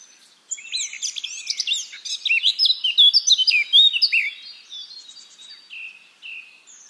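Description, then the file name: Eurasian blackcap song, a rapid tumbling warble of mixed chirps and clear whistles that grows louder midway, then fades into quieter twittering. "Sylvia atricapilla"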